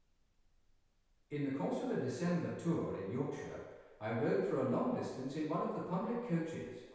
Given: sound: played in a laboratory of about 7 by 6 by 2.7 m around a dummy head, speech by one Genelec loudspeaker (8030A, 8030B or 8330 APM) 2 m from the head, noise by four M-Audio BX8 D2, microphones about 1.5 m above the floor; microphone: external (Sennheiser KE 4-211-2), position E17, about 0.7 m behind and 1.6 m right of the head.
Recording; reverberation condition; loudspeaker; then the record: male speech in English; high; 30 degrees to the left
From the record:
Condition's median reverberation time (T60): about 1300 ms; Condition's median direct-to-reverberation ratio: about -4.0 dB